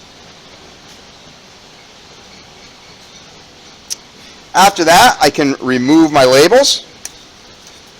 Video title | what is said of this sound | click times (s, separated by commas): Spark plug and spark plug wire service | and you will hear a click if that spark plug wire is properly in place | 3.9 s